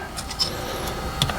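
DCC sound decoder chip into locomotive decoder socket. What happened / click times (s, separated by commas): The small plug-in chip snapped home in its socket / 1.2 s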